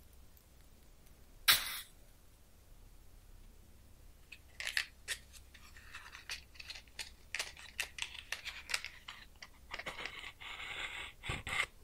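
A match strikes sharply at about one and a half seconds after a quiet start. From around four seconds on, close-up crackles and sizzles of the flame pop irregularly and densely, bright and snappy, over a faint low hum, with another sharp burst near the end.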